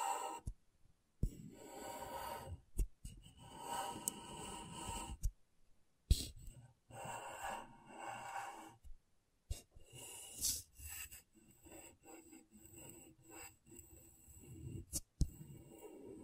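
Scratchboard being worked with a tool, making dry scraping and rasping strokes in bursts of a second or two, separated by short silences. The scratches are bright and gritty, varying in pressure, with a few sharp clicks around 6, 9.5 and 15 seconds.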